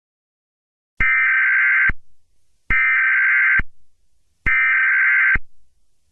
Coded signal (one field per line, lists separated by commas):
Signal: Emergency Alert System (SAME) tones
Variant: header bursts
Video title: EAS scenario: Monika